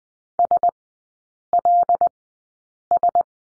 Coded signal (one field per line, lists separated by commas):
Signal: Morse code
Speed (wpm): 20 wpm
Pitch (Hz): 700 Hz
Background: none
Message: SLS